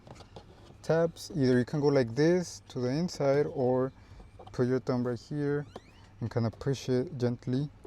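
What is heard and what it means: On a 2024 Honda CR-V, the plastic top tab of the glovebox/cabin air filter trim is being handled and gently pushed with a thumb during a cabin filter replacement, while someone talks throughout. Two faint handling ticks come near the start at about 0.1 s and 0.4 s. Nothing has seated or clicked yet.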